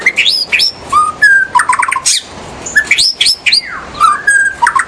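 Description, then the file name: White-rumped shama song, loud varied phrases of rising whistles, buzzy sweeps and rapid repeated notes, phrases repeated with brief gaps. In the forest. "murai batu di hutan"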